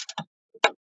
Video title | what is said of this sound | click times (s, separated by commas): BONUS! Double Show - PC Builds Part 2 PLUS Automated Broadcast! | it is until it clicks click and then the second part | 0.6 s